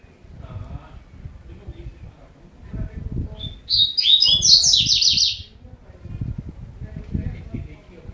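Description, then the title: Double-collared seedeater gives a single thin note followed by a quick, high, tumbling warble, with steady low thumping and rumbling around it. "Canto Coleiro"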